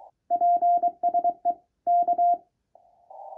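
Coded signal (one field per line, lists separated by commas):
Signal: Morse code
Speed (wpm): 23 wpm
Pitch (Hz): 700 Hz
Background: none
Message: PSE K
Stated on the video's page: CW from QCX transceiver boosted by a QRP Labs mono-band 50W CW power amplifier kit using two IRF510 transistors.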